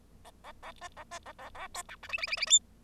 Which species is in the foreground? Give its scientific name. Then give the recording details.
Lonchura striata domestica. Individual Bird0